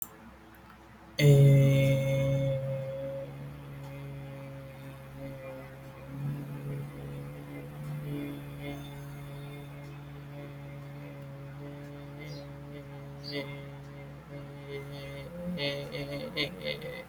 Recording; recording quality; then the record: sustained vowel as in made; excellent, no background noise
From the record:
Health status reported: respiratory illness, not identified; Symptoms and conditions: asthma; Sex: male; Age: 27 years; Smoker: not ticked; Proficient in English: yes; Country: India